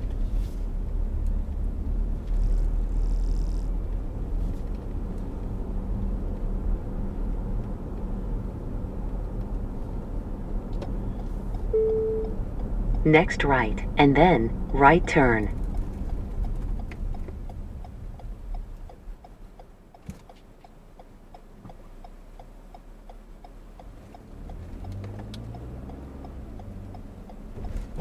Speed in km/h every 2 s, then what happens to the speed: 31, 34, 39, 42, 45, 47, 47, 42, 27, 8, 0, 2, 10, 23.
0-8 speeds up to 45. 8-13 steady at about 47. 13-19 brakes to 0. 19-22 standing. 22-26 pulls away to 23.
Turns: 22-28.